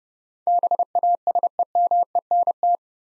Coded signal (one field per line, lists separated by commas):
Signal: Morse code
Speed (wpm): 29 wpm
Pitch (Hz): 700 Hz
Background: none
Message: BASEMENT